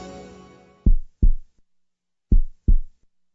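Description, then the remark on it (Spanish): A heartbeat sound effect: two pairs of deep, booming lub-dub thumps, loud and low-pitched, following a fading tonal tail at the start, with silence between beats. “Son nuestros latidos los que bombean la fuerza.”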